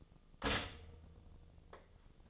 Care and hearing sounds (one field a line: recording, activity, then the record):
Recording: daily activity, microphone in the room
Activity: stop toaster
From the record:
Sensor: 4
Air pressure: 1010.1 hPa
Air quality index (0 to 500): 178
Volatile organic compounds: 5 ppm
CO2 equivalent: 1802 ppm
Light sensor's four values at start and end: 23/68/27/27 and 23/68/27/27